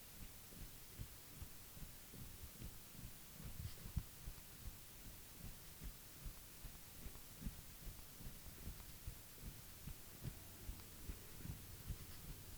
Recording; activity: daily activity, guitar pickup as the sensor; jump